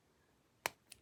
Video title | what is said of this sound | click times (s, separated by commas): ZRC Grand Fonds Tangerine GF300 (Exquisite Timepieces) | two clicks to hack the I didn't get the last click | 0.7 s